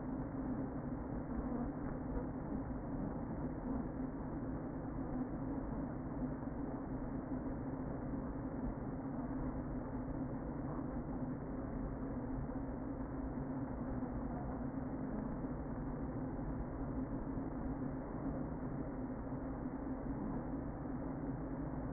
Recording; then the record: honeybee colony, microphone inside the hive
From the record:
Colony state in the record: queen present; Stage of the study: before two queens were removed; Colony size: about 60,000 bees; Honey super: yes